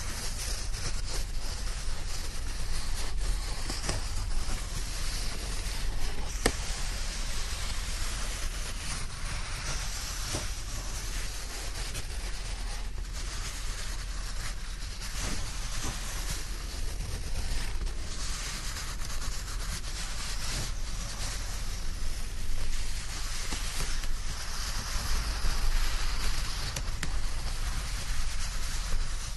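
Crisp, papery rustling of a dry blanket continues throughout, with frequent short scratchy brushes and slides scattered across the whole clip. A steady low rumble sits underneath the entire time, and the overall level stays fairly even from start to finish.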